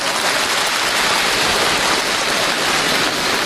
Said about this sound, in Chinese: 您各位是先鼓掌后欣赏。